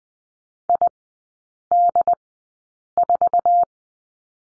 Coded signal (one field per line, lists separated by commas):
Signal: Morse code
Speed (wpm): 20 wpm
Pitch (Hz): 700 Hz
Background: none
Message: ID4